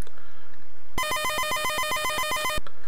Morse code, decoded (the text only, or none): none